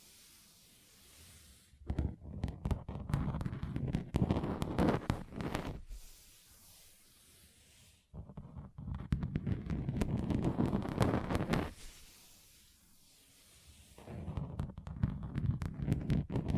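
Fingers tap rapidly on a table surface in three dense bursts, roughly 2–6, 8–12, and 14 seconds onward, separated by near-silent pauses. The taps form a fast, thick rattle with a low, knocking body and sharp clicks on top.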